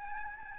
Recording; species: mosquito wingbeat signal from an infrared sensor; Aedes albopictus